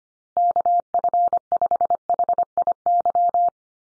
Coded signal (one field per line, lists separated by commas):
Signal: Morse code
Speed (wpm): 25 wpm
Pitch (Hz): 700 Hz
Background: none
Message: KF5HIY